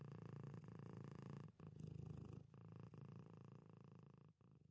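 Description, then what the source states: Domestic cat purring, a rough low vibrating rumble with a few short breaks for breath. Pet domestic cat purring.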